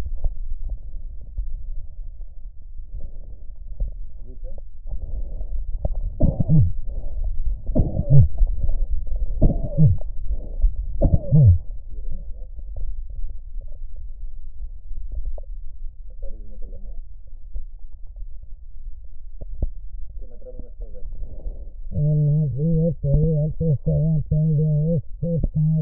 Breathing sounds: lung sounds by stethoscope; right posterior basal chest; quiet breathing, then cough and speech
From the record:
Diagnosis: COPD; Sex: female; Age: 80 years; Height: 160 cm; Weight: 62 kg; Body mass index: 24.2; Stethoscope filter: extended mode

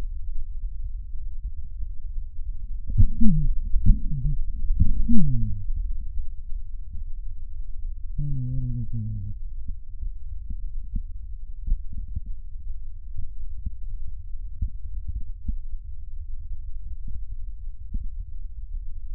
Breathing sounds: lung sounds by stethoscope; right posterior basal chest; quiet breathing, then cough and speech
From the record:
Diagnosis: COPD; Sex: male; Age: 64 years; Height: 166 cm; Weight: 92.7 kg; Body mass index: 33.6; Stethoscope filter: bell mode

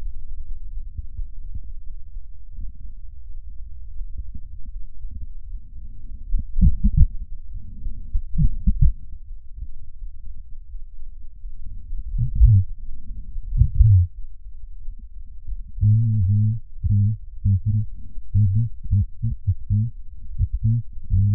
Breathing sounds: lung sounds by stethoscope; right posterior basal chest; quiet breathing, then cough and speech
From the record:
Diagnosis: none (healthy); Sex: male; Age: 29 years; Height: 180 cm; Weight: 100 kg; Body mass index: 30.9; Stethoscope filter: bell mode

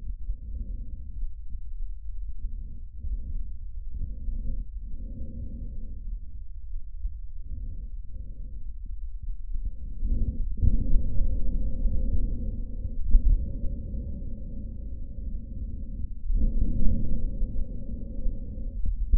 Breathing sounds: lung sounds by stethoscope; trachea; quiet breathing, then deep breathing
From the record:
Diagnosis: asthma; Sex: female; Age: 77 years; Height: 160 cm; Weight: 68.7 kg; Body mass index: 26.6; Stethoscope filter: bell mode

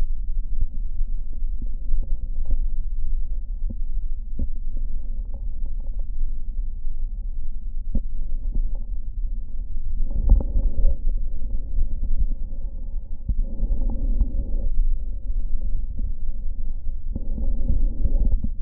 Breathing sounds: lung sounds by stethoscope; right posterior basal chest; quiet breathing, then deep breathing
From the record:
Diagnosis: interstitial lung disease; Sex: female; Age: 60 years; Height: 152 cm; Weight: 55.9 kg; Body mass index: 24.2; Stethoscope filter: diaphragm mode

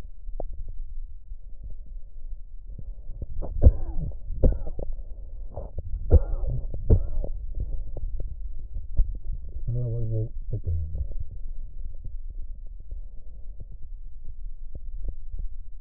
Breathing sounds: lung sounds by stethoscope; right anterior apical chest; quiet breathing, then cough and speech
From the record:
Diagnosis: COPD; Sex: male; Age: 70 years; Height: 174 cm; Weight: 94 kg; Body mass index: 31.0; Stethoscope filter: extended mode

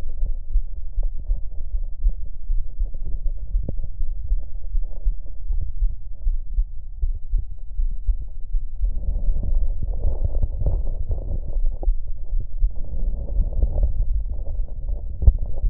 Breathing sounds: lung sounds by stethoscope; left anterior apical chest; quiet breathing, then deep breathing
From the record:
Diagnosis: interstitial lung disease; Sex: male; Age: 47 years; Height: 159 cm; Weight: 66.8 kg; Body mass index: 26.4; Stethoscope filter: extended mode

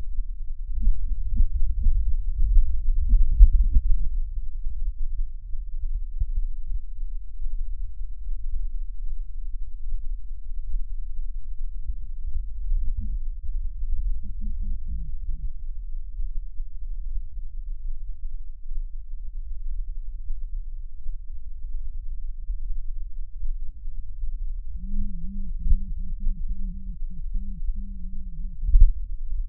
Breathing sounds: lung sounds by stethoscope; left posterior apical chest; quiet breathing, then cough and speech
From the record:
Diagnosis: pulmonary infection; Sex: female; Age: 74 years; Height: 160 cm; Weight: 66 kg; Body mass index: 25.8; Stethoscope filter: bell mode

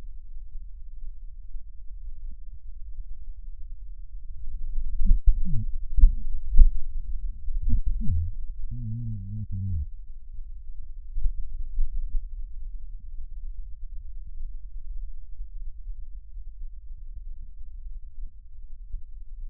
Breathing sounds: lung sounds by stethoscope; right anterior apical chest; quiet breathing, then cough and speech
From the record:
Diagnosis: interstitial lung disease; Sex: male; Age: 61 years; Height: 172 cm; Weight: 71 kg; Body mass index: 24.0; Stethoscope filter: bell mode

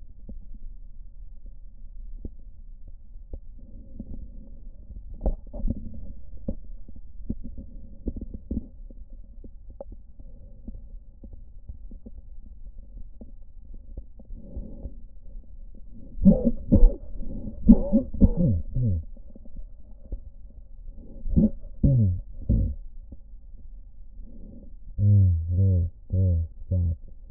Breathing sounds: lung sounds by stethoscope; right posterior basal chest; quiet breathing, then cough and speech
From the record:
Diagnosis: none (healthy); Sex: male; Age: 34 years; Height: 174 cm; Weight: 93 kg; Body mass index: 30.7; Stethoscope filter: diaphragm mode

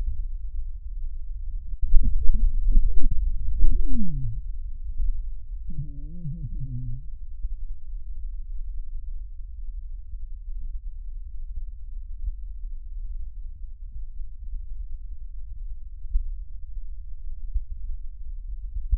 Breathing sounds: lung sounds by stethoscope; right posterior basal chest; quiet breathing, then cough and speech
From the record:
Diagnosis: COPD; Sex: male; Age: 77 years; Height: 164 cm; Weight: 58.2 kg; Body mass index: 21.6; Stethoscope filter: bell mode

